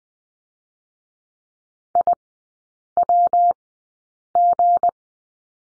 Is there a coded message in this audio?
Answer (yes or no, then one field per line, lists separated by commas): yes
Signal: Morse code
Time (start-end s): 1.9-4.9 s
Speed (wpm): 20 wpm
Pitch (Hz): 700 Hz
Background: none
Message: IWG